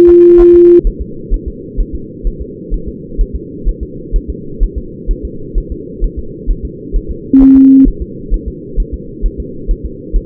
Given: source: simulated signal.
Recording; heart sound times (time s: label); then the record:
fetal heart sounds
0.09 s: S2
0.41 s: S1
0.55 s: S2
0.87 s: S1
1.01 s: S2
1.34 s: S1
1.48 s: S2
1.80 s: S1
1.95 s: S2
2.27 s: S1
2.41 s: S2
2.74 s: S1
2.88 s: S2
3.21 s: S1
3.35 s: S2
3.69 s: S1
3.83 s: S2
4.16 s: S1
4.30 s: S2
4.63 s: S1
4.78 s: S2
5.11 s: S1
5.25 s: S2
5.58 s: S1
5.72 s: S2
6.04 s: S1
6.19 s: S2
6.50 s: S1
6.65 s: S2
6.96 s: S1
7.11 s: S2
7.42 s: S1
7.56 s: S2
7.88 s: S1
8.02 s: S2
8.34 s: S1
8.48 s: S2
8.80 s: S1
8.94 s: S2
9.26 s: S1
9.40 s: S2
9.71 s: S1
9.85 s: S2
10.16 s: S1
From the record:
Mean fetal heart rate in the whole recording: 130 bpm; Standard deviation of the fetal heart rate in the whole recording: 4 bpm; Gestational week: 38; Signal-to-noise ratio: -4.3 dB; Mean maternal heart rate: 72 bpm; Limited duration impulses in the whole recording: present